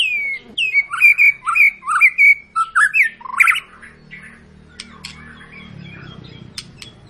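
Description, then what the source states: White-rumped shama song opening with loud whistled rising and falling phrases, then fading into softer scratchy notes over a low hum. Long, lively lure song of a white-rumped shama, used to prompt other birds to sing.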